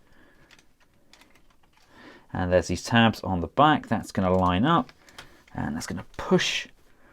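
Plastic tabs on the back of a TFC Toys STC-01A Supreme Techtial Commander transforming figure are lined up with the torso, ready to be pushed in and locked into place. A few faint, sharp taps sound in the first 1.6 seconds, then someone talks for most of the rest of the clip. Nothing has seated or clicked yet.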